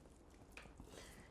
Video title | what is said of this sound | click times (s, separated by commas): ഇത് ഉണ്ടെകിൽ വയ്യാത്തവരെ ഈസിയായി ബാത്‌റൂമിൽ കൊണ്ടുപോകാം... FREEDOM PATIENT TRANSFR WHEELCHAIR | അമർത്തി കൊടുത്താൽ രണ്ടും ഇതേപോലെ ലോക്ക് ആവും ഇതിങ്ങനെ ലോക്ക് ചെയ്തു കഴിഞ്ഞാൽ | 0.6 s, 0.8 s